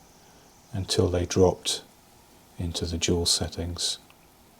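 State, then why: Not seated. Someone talks while reassembling the movement of a broken 1883 Waltham P.S. Bartlett pocket watch, holding the base plate at an angle and guiding each gear with tweezers until its pivots drop into their settings. The gear train bridge has not yet seated or clicked into place on the movement base plate.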